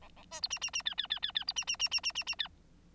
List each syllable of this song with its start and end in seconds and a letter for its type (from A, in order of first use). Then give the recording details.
0.01-0.09 A, 0.16-0.24 A, 0.31-0.41 B, 0.42-0.48 C, 0.50-0.59 D, 0.61-0.70 D, 0.73-0.82 D, 0.85-0.94 E, 0.97-1.07 E, 1.10-1.19 E, 1.22-1.32 E, 1.35-1.44 E, 1.47-1.53 C, 1.56-1.65 D, 1.67-1.76 D, 1.79-1.89 D, 1.91-2.00 D, 2.03-2.12 D, 2.15-2.24 D, 2.26-2.35 D, 2.38-2.48 E. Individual Bird9